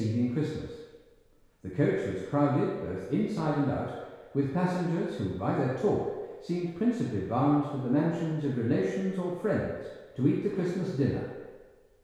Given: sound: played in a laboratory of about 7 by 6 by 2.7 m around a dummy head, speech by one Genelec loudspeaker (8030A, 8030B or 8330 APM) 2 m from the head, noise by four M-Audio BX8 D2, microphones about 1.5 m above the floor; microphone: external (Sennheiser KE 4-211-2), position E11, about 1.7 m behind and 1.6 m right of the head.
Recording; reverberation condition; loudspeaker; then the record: male speech in English; high; 120 degrees to the right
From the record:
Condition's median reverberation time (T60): about 1300 ms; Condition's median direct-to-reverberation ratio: about -4.0 dB